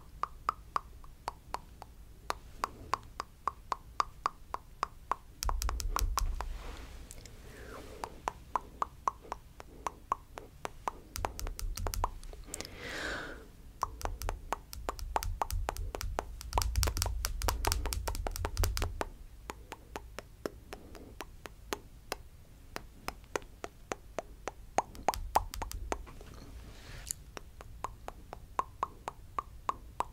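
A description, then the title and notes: Quick, sharp taps and wet mouth sounds run almost continuously, dozens of crisp clicks per few seconds. Fuller, thumping patches with low rumble come in around 6, 11–13, 16–19 and 26 seconds, with a soft breathy sweep near 13 seconds. ASMR Finger Circles, Camera Tapping & Mouth Sounds.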